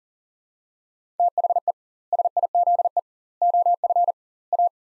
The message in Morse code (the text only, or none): THE SIZE OF A